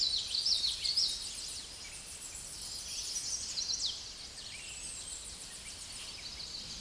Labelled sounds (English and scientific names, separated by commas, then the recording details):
Chestnut-sided Warbler (Setophaga pensylvanica) song
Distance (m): 20 m
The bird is about 5 m above the microphone
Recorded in a Pennsylvania forest on 16 May 2024 at 08:25
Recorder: AudioMoth, point MSD-0215
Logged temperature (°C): 16.1 °C
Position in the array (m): 53 m, 138 m